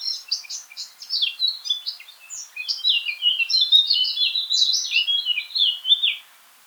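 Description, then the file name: Eurasian blackcap song: a fast, continuous warble of varied scratchy and fluty notes, jumping up and down in pitch and building in strength toward the end. "Sylvia atricapilla"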